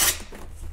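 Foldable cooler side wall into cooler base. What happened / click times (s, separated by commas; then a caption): Handled, not yet home: a foam wall is moved but no locking snap is heard / none. A collapsible foam side wall of a foldable cooler is handled as it is unfolded and pushed up toward its base. A brief bright rustle of foam rubbing opens the clip and gives way to quieter shuffling and a low hum. Nothing has seated or clicked into place yet.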